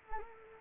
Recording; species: mosquito wingbeat signal from an infrared sensor; Anopheles arabiensis